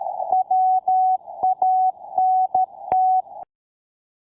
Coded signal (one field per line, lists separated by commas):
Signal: Morse code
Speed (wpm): 13 wpm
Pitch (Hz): 750 Hz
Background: none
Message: WANT